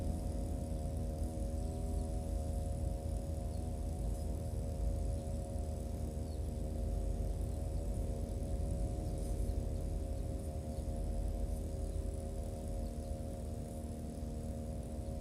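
A grass trimmer runs steadily while cutting along rows of green onions and around the field edges. The engine holds a constant droning whine with a thick low rumble, barely changing for the whole stretch, with slight wavering in pitch as it works.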